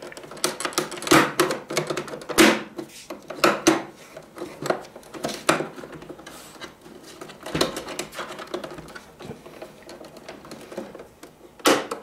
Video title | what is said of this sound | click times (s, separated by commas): ViewSonic VX900 Monitor Repair | and this just snaps in | 0.4 s, 0.8 s, 3.4 s, 5.5 s, 11.7 s